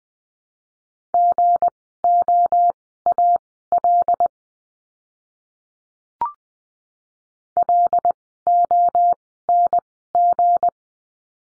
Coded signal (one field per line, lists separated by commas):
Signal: Morse code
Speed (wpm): 20 wpm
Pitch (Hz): 700 Hz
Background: none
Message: GOAL LONG